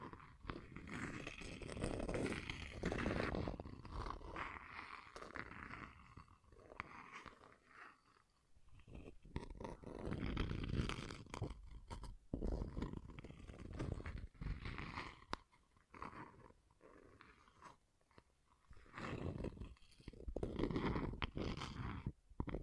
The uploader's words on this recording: ASMR Brain Tingling Scratching & Tracing (No Talking).